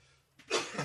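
A single abrupt, harsh cough bursts out after a brief quiet moment, from an adult man who is still sick with an ongoing illness.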